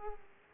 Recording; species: mosquito wingbeat signal from an infrared sensor; Aedes aegypti